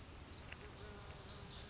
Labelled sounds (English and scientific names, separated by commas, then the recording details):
Lazuli Bunting (Passerina amoena)
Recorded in Sonoma County, California